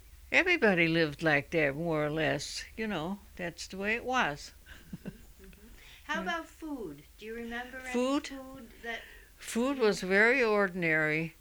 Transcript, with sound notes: everybody lived like that more or less. You know, that's the way it was. [Laughs]
How about food? Do you remember...
Food?
any food that...
Food was very ordinary.